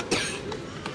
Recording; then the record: coughing mixed with background sound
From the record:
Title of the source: 64 coughing, allergies, singing lungs